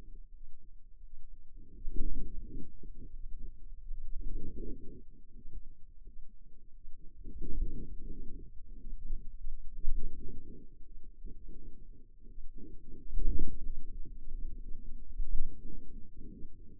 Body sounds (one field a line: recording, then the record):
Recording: forearm muscle sounds (acoustic myography)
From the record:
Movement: wrist extension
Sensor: system 2, bracelet of six BSWA MPA416 microphones around the upper forearm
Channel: 3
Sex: female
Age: 23 years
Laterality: right